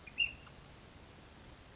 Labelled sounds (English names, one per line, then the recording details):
Ash-throated Flycatcher
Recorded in Sonoma County, California